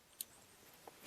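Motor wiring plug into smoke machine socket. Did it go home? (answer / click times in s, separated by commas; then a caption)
yes / 0.2 s. A motor wiring plug is pushed into its socket on an AutoLine Pro smoke machine. A sharp, bright click at 0.2 seconds is the plug snapping in place, and a softer, lower tap follows near 0.9 seconds. The connector is seated.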